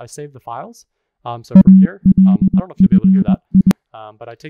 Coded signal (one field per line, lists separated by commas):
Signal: Morse code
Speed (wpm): 20 wpm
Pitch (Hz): 190 Hz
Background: speech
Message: ALFI